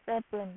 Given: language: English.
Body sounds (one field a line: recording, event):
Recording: throat vibration sensor signal played as sound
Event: speech